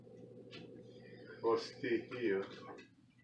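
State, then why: Not seated. A metal ceiling grid cross tee is handled next to another tee at a runner slot while someone talks over a steady low hum. Nothing has seated or clicked yet.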